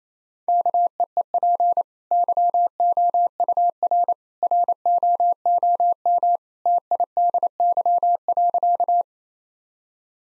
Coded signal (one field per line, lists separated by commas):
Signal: Morse code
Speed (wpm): 27 wpm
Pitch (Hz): 700 Hz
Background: none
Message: KEEP YOUR ROOM TIDY.